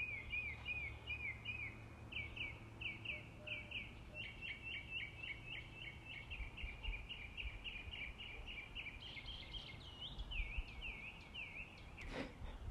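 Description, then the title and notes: A bird sings a long string of quick repeated chirps that shift into swooping whistled notes, ending with a sharp click. Birds singing in the morning. "birds 🐦 singing. Good Morning"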